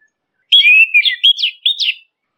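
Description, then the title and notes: Orange-headed thrush singing one rich phrase of varied whistles, slurred and warbled, with quick upward and downward sweeps, lasting about one and a half seconds against silence. Masteran (training) song. "punglor kembang. Masteran Anis Kembang"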